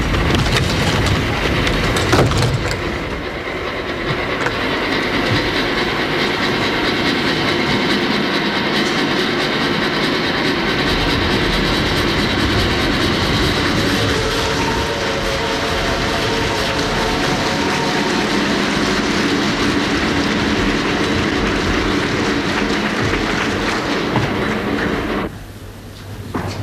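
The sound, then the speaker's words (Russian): A train rumbles and clatters steadily along the rails for over twenty seconds, a dense, loud wash of wheel noise and metallic rattling that cuts off abruptly near the end; a train departing from a platform. “Федор один стоит на платформе и машет вслед уходящему поезду.”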